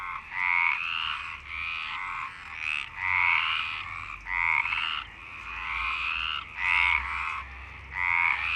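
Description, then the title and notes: Frogs croaking in a chorus, overlapping raspy pulsed croaks in repeated bursts. Frogs in Parc Longchamp, Marseille, Provence-Alpes-Côte d'Azur, France, 26 March 2011 at 19:35, recorded with a MixPre-6 and Basic UCHO. "Marseille, Provence-Alpes-Côte d'Azur, France - 26_03_11_19_35 Longchamps_004 grenouilles. Grenouilles au parc de Longchamp"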